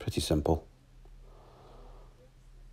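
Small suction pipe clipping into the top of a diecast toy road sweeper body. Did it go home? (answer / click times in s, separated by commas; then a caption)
no / none. During reassembly of a diecast Johnston road sweeper model, the small suction pipe is handled over the hole on top of the body, where its lugs are meant to clip in. Someone talks briefly at the start, followed by quiet handling and a faint low background hum. Nothing has seated or clicked yet.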